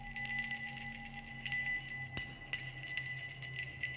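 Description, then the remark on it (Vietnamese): A faint, hazy, strange bell, heard from behind a bedroom window, rings on and on with a steady, shimmering tone, dotted with soft metallic clinks and a sharp tap partway through. No one speaks. “Nó giỏng tai nghe, tiếng chuông kỳ lạ lại tiếp tục vang lên, mơ mơ, hồ hồ, không rõ.”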